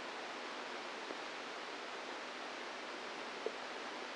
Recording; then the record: brain microelectrode recording played as sound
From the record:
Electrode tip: inside the subthalamic nucleus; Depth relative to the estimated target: 1 mm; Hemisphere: right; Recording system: NeuroSet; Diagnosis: Parkinson's disease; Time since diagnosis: 10 years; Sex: female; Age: 45 years